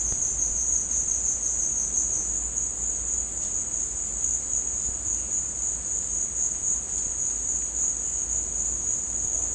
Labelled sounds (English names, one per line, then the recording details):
none
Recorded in dense forest near Puerto Asís, Putumayo, Colombia, on 21 December 2024 at 16:00
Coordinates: 0.466, -76.327
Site G075